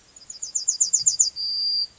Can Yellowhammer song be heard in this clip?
yes